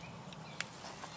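A metal snap fastener on the folded-over hood part of an M-65 cotton field jacket is pressed closed to hold it in place. Against a low steady background with a faint tick at 0.3 s, the snap seats with a sharp, very brief bright click at 0.6 s.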